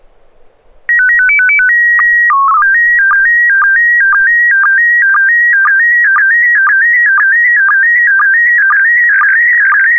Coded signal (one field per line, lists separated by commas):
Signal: SSTV (slow-scan television)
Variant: PD 120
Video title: N6NA SSTV Net - 10/09/2024